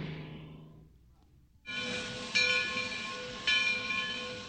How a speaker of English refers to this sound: Is this a train? Yes, it is.